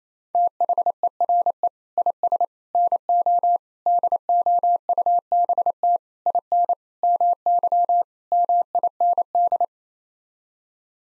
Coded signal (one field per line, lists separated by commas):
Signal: Morse code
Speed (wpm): 28 wpm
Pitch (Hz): 700 Hz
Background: none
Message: THERE IS NO DOUBT IN MY MIND